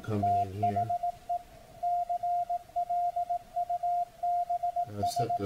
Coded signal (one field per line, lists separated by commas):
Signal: Morse code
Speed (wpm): 18 wpm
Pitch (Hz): 700 Hz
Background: speech, radio noise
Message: THE CLUBS